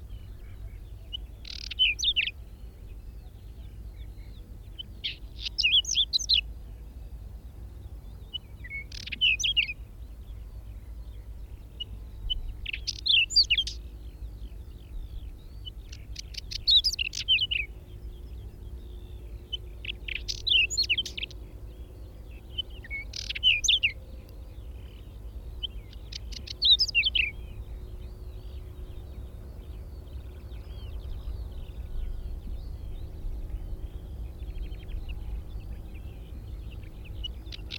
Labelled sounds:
Whinchat (Saxicola rubetra) song
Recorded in the wild
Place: Ummanz, Insel Rügen, Mecklenburg-Vorpommern, DE
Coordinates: 54.43, 13.18
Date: 1969-05-24
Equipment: Nagra III BH, Sennheiser MD 21, parabola
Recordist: Schubert, Michael

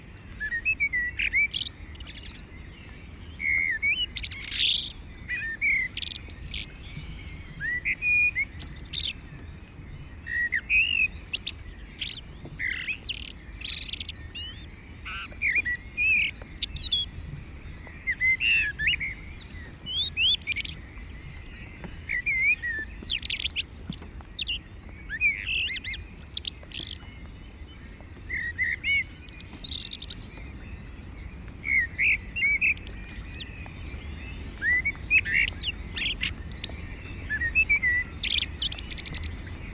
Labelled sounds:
Common Blackbird (Turdus merula) song
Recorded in the wild
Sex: male
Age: adult
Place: Garmisch-Partenkirchen, Bayern, DE
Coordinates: 47.4933, 11.0794
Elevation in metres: 703
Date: 1969-04-13
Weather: Schneefall
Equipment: Uher 4000 Report
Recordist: Tretzel, Erwin

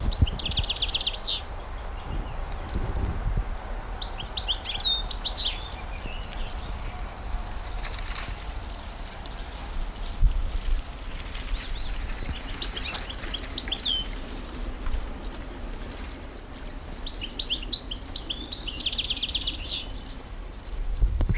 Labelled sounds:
European Goldfinch (Carduelis carduelis)
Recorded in the wild
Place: Karower Teiche, Naturpark Barnim, Berlin, DE
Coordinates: 52.7, 13.53
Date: 1996-05-16 14:15
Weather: bedeckt, 11-14°C
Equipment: Sony MD-WM MZ-R3, Sennheiser MKH 416 T, Kopie Uher 4000 Report Monitor
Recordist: Tembrock, Günter
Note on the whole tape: Gesang

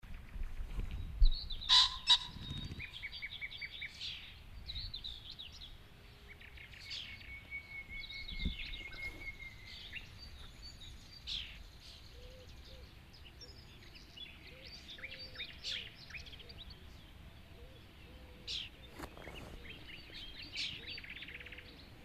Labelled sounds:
Common Pheasant (Phasianus colchicus)
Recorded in the wild
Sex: male
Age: adult
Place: Hobrechtsfelder Rieselfelder, Naturpark Barnim, Brandenburg, DE
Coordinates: 52.6676, 13.4888
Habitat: meadow
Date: 2014-05-17 05:58
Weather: cloudy, 10°C, weak winds
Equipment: Sound Devices 702, Sennheiser MKH 70, Rycote Windschutz
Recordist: Frommolt, Karl-Heinz

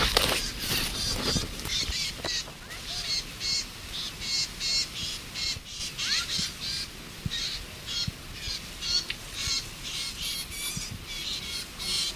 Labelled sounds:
Eurasian Reed Warbler (Acrocephalus scirpaceus)
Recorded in the wild
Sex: diverse
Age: diverse
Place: Mühlenbecker See, Brandenburg, DE
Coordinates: 52.6897, 13.395
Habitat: lake
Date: 1967-08-27 13:00
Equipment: Uher 4000 Report Monitor, Sennheiser MD 421, Transistorverstärker 2
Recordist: Tembrock, Günter
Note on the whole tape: Teichrohrsänger: Bettellaute flügger Junger und Stimmfühlungslaute der Altvögel

